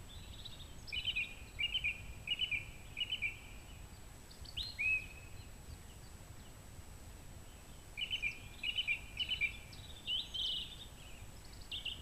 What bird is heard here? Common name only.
Song Thrush